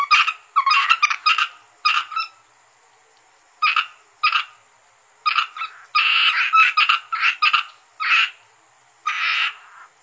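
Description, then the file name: Asian grass frog croaking: harsh, rattling notes in quick clusters and single bursts, repeated throughout over a faint high tone. "rana limnocharis yannick dauby gruenrekorder"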